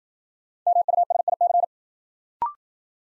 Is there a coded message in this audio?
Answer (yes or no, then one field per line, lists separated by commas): yes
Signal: Morse code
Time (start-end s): 0.7-1.6 s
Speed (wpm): 56 wpm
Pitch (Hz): 700 Hz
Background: none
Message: MUSIC